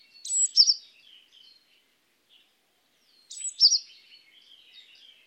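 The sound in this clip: Great tit call, a sharp high note with a buzzy trailing part, given twice about three seconds apart over near silence.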